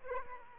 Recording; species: mosquito wingbeat signal from an infrared sensor; Aedes aegypti